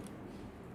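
A phone's flexible printed circuit (FPC) cable connector is being handled over its board socket. There is a faint high tick near 0.1 s over low, steady background noise. The connector has not seated or clicked in yet.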